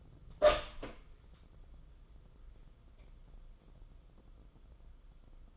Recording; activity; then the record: daily activity, microphone in the room; open door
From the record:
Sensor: 5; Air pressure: 994.4 hPa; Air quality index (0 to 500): 184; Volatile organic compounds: 1000 ppm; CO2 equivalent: 5440 ppm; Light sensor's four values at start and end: 19/48/20/23 and 20/51/21/24